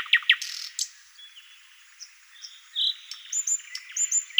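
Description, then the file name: Thrush nightingale singing a varied phrase: sharp opening clicks, a level whistle, then a run of short high piping notes and a final sharp note. "solovey obyknovennyy golos"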